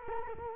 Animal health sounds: mosquito wingbeat signal from an infrared sensor; Culex quinquefasciatus

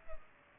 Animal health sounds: mosquito wingbeat signal from an infrared sensor; Culex pipiens

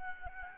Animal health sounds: mosquito wingbeat signal from an infrared sensor; Aedes albopictus

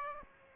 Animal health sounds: mosquito wingbeat signal from an infrared sensor; Aedes aegypti

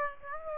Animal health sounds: mosquito wingbeat signal from an infrared sensor; Aedes aegypti

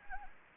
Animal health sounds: mosquito wingbeat signal from an infrared sensor; Anopheles gambiae

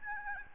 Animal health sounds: mosquito wingbeat signal from an infrared sensor; Aedes albopictus

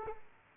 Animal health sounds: mosquito wingbeat signal from an infrared sensor; Aedes aegypti

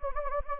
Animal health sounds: mosquito wingbeat signal from an infrared sensor; Anopheles gambiae

